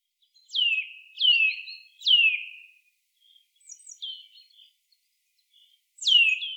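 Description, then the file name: Eurasian nuthatch calls: loud descending whistles sweeping down from high pitch, three in quick succession, then softer short notes, then another downslurred whistle near the end. "Sitta europaea"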